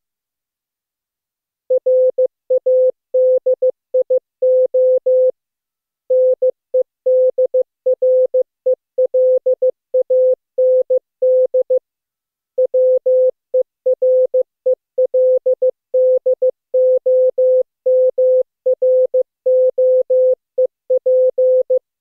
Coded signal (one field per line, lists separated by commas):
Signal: Morse code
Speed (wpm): 14 wpm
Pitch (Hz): 510 Hz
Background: none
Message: RADIO NEDRELAND WERELDOMROEP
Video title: Daily Minutes, November 26, 2015, without the Contestia.